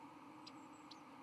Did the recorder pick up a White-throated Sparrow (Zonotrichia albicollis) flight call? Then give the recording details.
no. No flight call is heard. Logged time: 11:18 on 31 October 2014